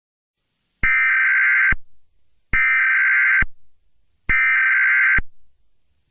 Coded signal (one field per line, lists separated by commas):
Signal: Emergency Alert System (SAME) tones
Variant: header bursts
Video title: EAS Scenario: Smasher Purification Order 3 Preview 1